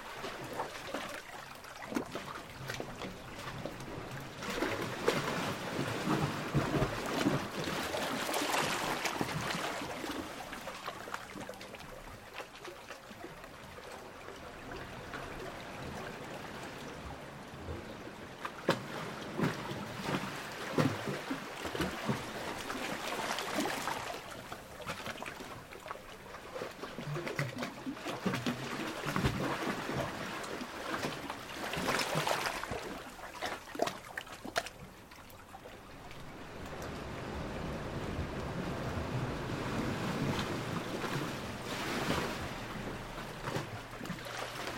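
Seawater surges into a long rocky chamber on the beach, then drains back out, never staying full. Swells rise and fall about every ten seconds, with rushing, hissing washes and gurgling trickles in between. The sound is fairly loud, with a low rumble underneath.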